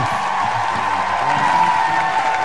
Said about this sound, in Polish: Poszło. Poszło. Może jakieś owacje by się pojawiły. Brawo.